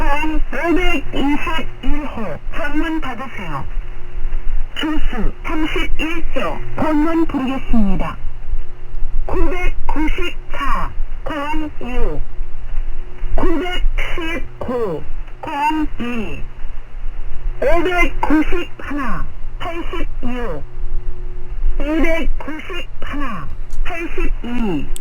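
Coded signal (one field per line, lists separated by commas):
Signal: numbers station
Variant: Korean language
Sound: korean voice announcing message 0521, 31 groups, then reads digit groups at steady pace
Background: radio hum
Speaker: 우리나라에서도 북한으로 난수 방송을 보냅니다. 그 내용 한번 들어보도록 하겠습니다.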